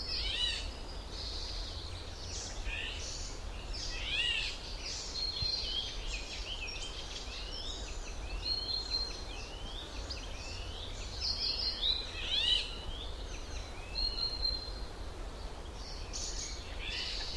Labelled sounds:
Eurasian Golden Oriole (Oriolus oriolus)
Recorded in the wild
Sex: pair
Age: adult
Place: Falkenberger Rieselfelder, Barnim, Berlin, DE
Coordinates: 52.5822, 13.5472
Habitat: poplar copse
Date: 1991-06-25
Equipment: Uher 4000 Report Monitor, Sennheiser ME 80, K 30 AV, Original
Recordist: Frommolt, Karl-Heinz

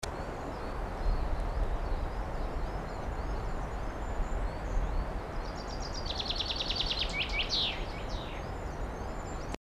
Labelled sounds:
Common Chaffinch (Fringilla coelebs) song, Coal Tit (Periparus ater)
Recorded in the wild
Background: Periparus ater
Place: Garmisch-Partenkirchen, Bayern, DE
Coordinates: 47.4931, 11.0633
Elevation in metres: 784
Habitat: mountains
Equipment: Uher 4000, Sennheiser MKH 415 T
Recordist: Tretzel, Erwin
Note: März 1980, Almhütte, Garmisch-Partenkirchen: Gesang

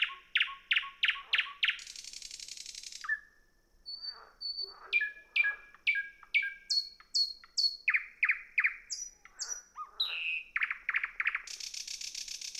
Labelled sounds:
Thrush Nightingale (Luscinia luscinia) song
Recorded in the wild
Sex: male
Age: adult
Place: Peenemuende, Usedom, Mecklenburg-Vorpommern, DE
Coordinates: 54.1673, 13.7646
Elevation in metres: 0
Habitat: grassland
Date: 2014-05-26 00:27
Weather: 10°C, almost windless
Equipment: Sound Devices 702, Sennheiser MKH 70, Rycote Windschutz
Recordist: Frommolt, Karl-Heinz

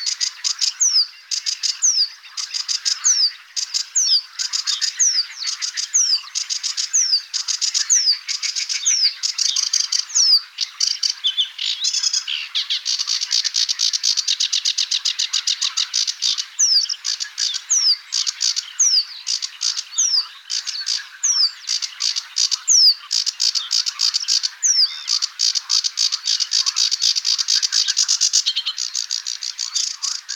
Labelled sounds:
Sedge Warbler (Acrocephalus schoenobaenus) song
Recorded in the wild
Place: Nagyivan / Hortobagy, HU
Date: 1988-05-12
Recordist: Schwarz, Dieter

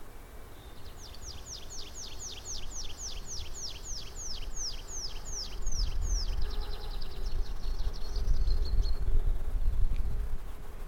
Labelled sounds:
Tree Pipit (Anthus trivialis)
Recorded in the wild
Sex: male
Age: adult
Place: Kanonenberge, Berlin, DE
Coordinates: 52.42, 13.61
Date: 1989-04-29
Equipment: Uher 4400 Report Monitor, Sennheiser ME 80, K 30 AV
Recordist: Fischer, Stefan

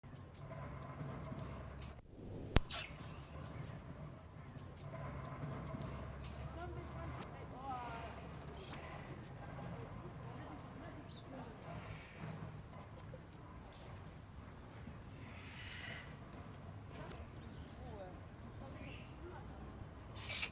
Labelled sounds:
Black-capped Squirrel Monkey (Saimiri boliviensis)
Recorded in captivity
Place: Tiergarten Wilhelma/Stuttgart, Baden-Württemberg, DE
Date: 2005-03-14 13:04
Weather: heiter, 5-8°C
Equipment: Sony WM-D6C, Sony ECM-MS 907, Kopie Uher 4000 Report Monitor
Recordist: Tembrock, Günter

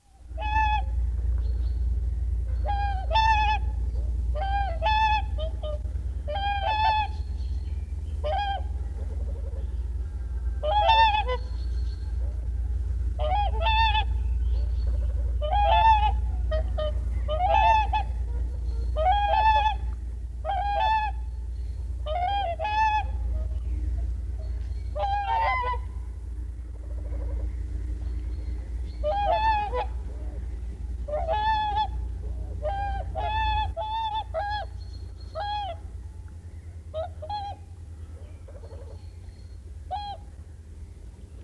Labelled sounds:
Whooper Swan (Cygnus cygnus) call
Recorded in the wild
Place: Ralswieker Forst und Boddenufer, Rügen, Mecklenburg-Vorpommern, DE
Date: 1969-04-06
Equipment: NAGRA III BH, Sennheiser MD21 mit Reflektor (d=75 cm, Glasfiber) und Stativ
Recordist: Schubert, Michael

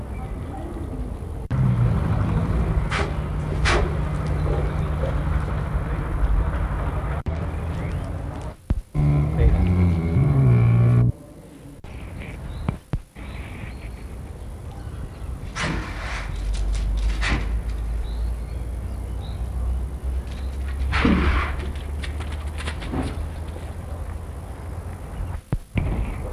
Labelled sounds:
Brown Bear (Ursus arctos) call
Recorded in captivity
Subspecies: middendorffi
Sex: female
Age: adult
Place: Zoo Rostock, Mecklenburg-Vorpommern, DE
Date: 1962-05-04 14:00
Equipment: Minifon, Kopie Smaragd
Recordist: Tembrock, Günter

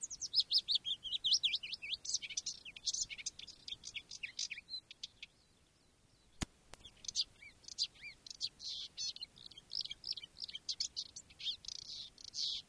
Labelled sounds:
Marsh Warbler (Acrocephalus palustris)
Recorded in the wild
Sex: male
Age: adult
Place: Wiesenthau, Bayern, DE
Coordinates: 49.7128, 11.1353
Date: 1962-05-29
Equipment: Stellavox SM 5, Original, Vollspur
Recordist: Tretzel, Erwin

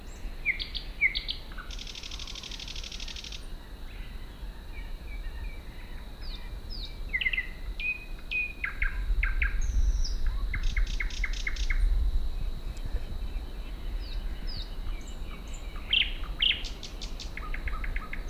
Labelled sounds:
Thrush Nightingale (Luscinia luscinia) song
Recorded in the wild
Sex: male
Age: adult
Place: Kützerhof, Kummerower See, Mecklenburg-Vorpommern, DE
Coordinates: 53.855, 12.8867
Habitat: alder marsh
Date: 2009-05-06 23:10
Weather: cloudy, 10°C, almost no wind
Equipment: Sound Devices 702, Sennheiser MKH 70, Rycote Windschutz
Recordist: Frommolt, Karl-Heinz

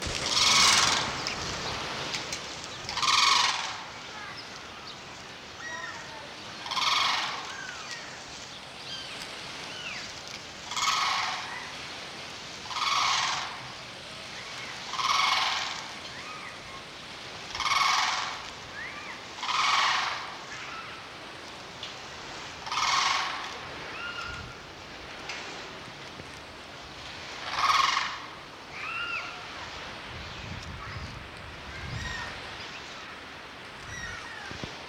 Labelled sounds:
Blue Crane (Grus paradisea) duetting, Black Rhinoceros (Diceros bicornis)
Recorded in captivity
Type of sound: duetting
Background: Diceros bicornis
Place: Zoo Berlin, Berlin, DE
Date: 1986-11-14 11:30
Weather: sunny 7 - 8°
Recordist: Tembrock, Günter

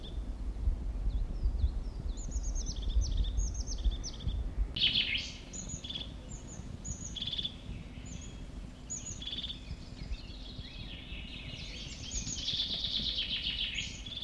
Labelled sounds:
European Crested Tit (Lophophanes cristatus)
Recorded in the wild
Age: adult
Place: Kärnten, AT
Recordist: Brunner, Thomas

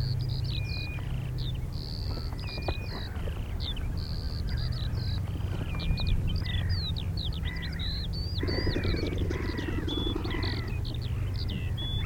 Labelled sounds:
Ruff (Philomachus pugnax) call
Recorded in the wild
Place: Insel Kirr, Insel Rügen, Mecklenburg-Vorpommern, DE
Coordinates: 54.421, 12.705
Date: 1970-05-23
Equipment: Nagra III BH, Sennheiser MD 421
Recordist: Schubert, Michael

